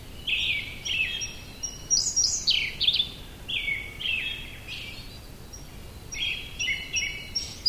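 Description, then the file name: Siberian blue robin song of several quick trilled bursts, pitch shifting between phrases, with thin high notes scattered in and a constant faint hiss. "koruri"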